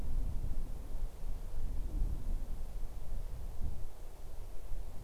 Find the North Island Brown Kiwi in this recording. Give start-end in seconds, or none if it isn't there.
none